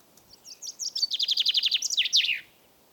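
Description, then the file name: Common chaffinch singing a single phrase: thin opening notes lead into a fast, even trill of downward-slurred notes and end in a ringing terminal flourish. "Fringilla coelebs"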